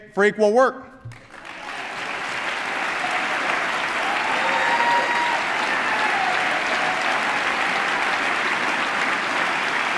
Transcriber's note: applause